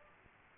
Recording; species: mosquito wingbeat signal from an infrared sensor; Aedes albopictus